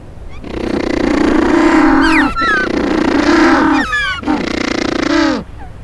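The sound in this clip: Penguin braying calls, sustained raspy honking in three long phrases separated by brief gaps with sharp upward squeals, ending abruptly.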